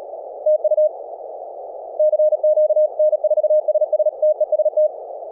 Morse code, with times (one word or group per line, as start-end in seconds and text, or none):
0.5-0.9 TU
2.0-2.9 CQ
3.0-4.1 N4SS
4.2-4.9 TEST